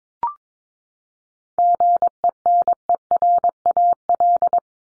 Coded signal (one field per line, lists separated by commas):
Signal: Morse code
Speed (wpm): 22 wpm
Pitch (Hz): 700 Hz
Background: none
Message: GENERAL